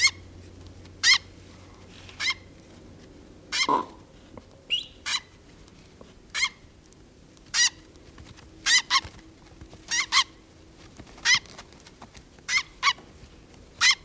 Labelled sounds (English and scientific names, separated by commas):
Black-necked Grebe (Podiceps nigricollis) call